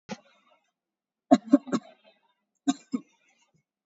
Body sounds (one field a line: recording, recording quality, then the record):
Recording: shallow voluntary cough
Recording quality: excellent, no background noise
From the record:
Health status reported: COVID-19 positive, mild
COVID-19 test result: positive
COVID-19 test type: RT-PCR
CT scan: not taken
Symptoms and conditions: cough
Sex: female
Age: 18 years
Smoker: no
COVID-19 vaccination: none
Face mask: worn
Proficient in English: yes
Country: India